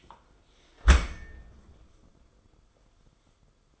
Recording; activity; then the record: daily activity, microphone in the room; close dishwasher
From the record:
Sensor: 5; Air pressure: 994.5 hPa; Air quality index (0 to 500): 194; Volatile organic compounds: 1000 ppm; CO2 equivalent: 5736 ppm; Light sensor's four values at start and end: 51/153/60/67 and 52/155/61/68